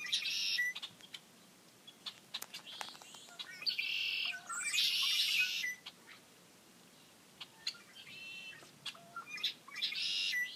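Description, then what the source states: Red-winged blackbirds giving buzzy, rasping trills and sharp chips, several overlapping birds calling irregularly with short quiet gaps between bursts. Many birds calling together.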